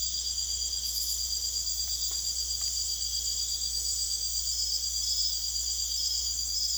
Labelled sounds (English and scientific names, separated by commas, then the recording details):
none
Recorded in secondary vegetation near Puerto Asís, Putumayo, Colombia, on 26 December 2024 at 02:30
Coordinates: 0.488, -76.319
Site GP04